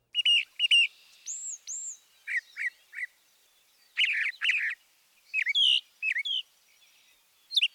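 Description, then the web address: Northern mockingbird song of quickly changing phrases: paired whistles, drawn-out slurs, short repeated chips and harsher bursts. Mimicry. "Birding by Ear, Eastern and Central North America - Peterson Guides. Northern Mockingbird"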